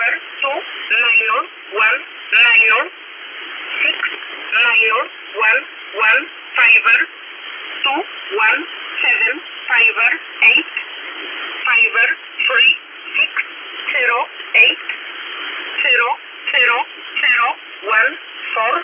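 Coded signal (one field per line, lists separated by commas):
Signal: numbers station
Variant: E11, English voice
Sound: a voice reading single digits in English, evenly spaced, through a narrow radio channel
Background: radio static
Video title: 12153kHz USB Polish Number Station E11 calling 304 (Jun 30, 2026)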